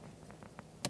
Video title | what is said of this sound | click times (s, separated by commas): How to Replace Cabin Air Filter 2013-2022 Buick Encore 1.4L L4 | Making sure it snaps in place. | 0.8 s